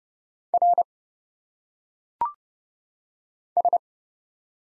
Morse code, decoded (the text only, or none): R S